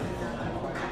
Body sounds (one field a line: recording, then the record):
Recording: background sound without coughing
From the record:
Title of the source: 60 minutes of coffee shop sounds for study and concentration